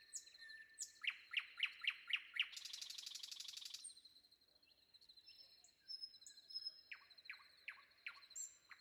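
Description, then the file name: Common nightingale song with a run of sharp down-slurred notes, a dense rattling trill, then a pause and more clipped notes and whistles. Sung before dawn. "predawn nightingale"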